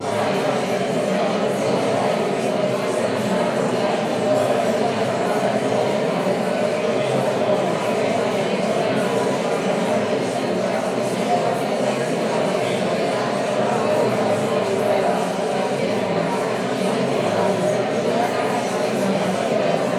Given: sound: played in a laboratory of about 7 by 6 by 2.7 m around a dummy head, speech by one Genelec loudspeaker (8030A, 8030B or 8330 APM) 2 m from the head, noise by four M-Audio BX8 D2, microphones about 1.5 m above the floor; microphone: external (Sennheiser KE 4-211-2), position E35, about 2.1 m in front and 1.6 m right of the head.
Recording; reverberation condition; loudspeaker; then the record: babble noise; high; four, about 170 cm from the corners of the room and facing them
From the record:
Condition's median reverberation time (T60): about 1300 ms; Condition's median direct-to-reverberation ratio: about -4.0 dB